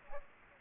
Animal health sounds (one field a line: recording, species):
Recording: mosquito wingbeat signal from an infrared sensor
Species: Aedes aegypti